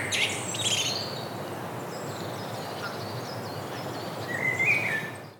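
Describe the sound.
Bird song: scattered high chirps and a short whistled flourish near the end, set against a broad hiss of background noise.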